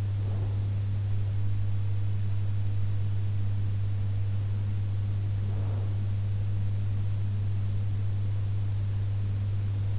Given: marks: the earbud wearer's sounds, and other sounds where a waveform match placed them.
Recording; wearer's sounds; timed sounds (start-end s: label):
sounds in sleep by an in-ear microphone; breath
0.00-0.81 s: breath
5.25-6.03 s: breath